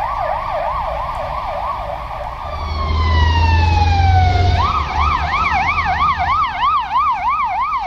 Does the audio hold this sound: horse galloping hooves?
no